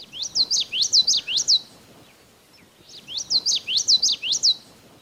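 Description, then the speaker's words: Common Yellowthroat song, two runs of several repeated phrases, over faint low background noise. Birders remember the song with the mnemonic 'Witchety, witchety, witchety.'. "the common yellow throat goes with, "Witchety, witchety, witchety.""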